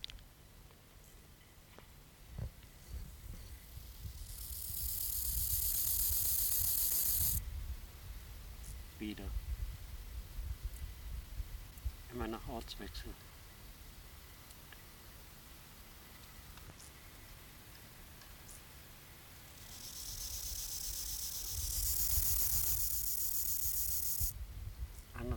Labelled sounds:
Rufous Grasshopper stridulation

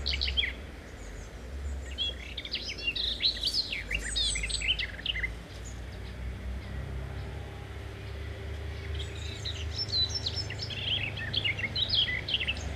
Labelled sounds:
Common Whitethroat song

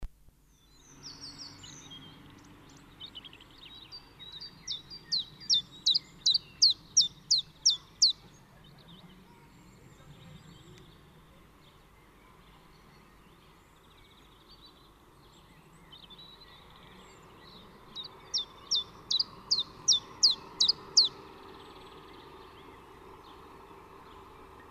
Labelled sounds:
Common Chiffchaff song

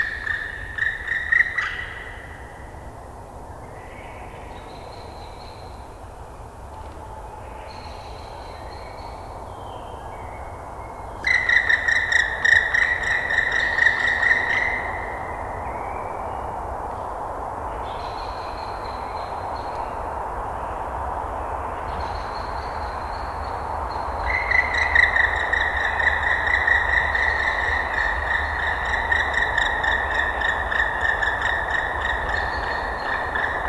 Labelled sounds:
Black Woodpecker call

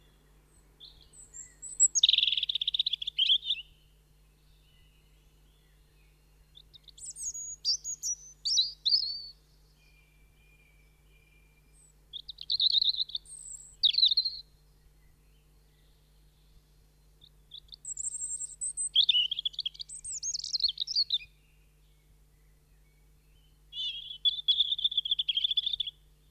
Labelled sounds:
European Robin song

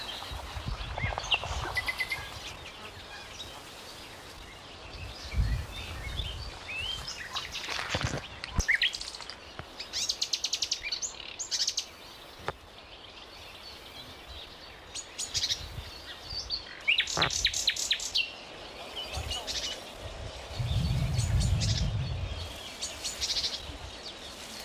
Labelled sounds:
Marsh Warbler song

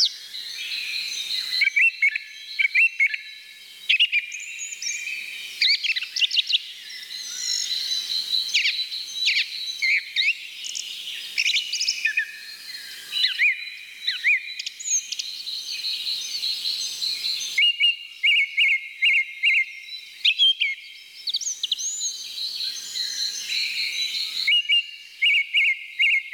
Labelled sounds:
Song Thrush song

